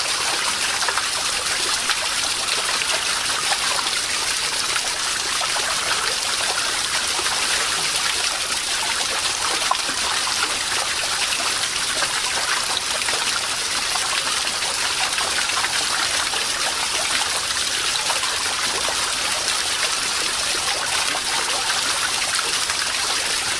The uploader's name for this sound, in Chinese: ASMR流水聲